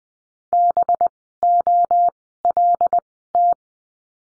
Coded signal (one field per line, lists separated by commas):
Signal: Morse code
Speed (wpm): 20 wpm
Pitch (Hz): 700 Hz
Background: none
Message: BOLT